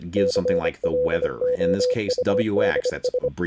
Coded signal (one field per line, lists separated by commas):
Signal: Morse code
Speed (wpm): 25 wpm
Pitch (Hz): 500 Hz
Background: speech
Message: CLOUDS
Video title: Radio Abbreviations and Signals (Radio KD8TTE Ep 73)